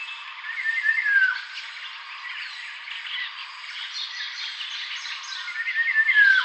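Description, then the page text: Dark-throated oriole calls: a loud descending slurred note near the start and another at the end, over a steady wash of fainter chirps. "Dark-Throated Oriole Calls. Quick Sounds"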